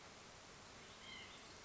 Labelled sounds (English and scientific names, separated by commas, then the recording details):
White-breasted Nuthatch (Sitta carolinensis)
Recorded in Sonoma County, California